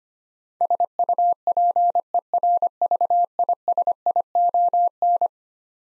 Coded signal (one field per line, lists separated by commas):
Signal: Morse code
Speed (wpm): 25 wpm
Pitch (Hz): 700 Hz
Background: none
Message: SUPERVISION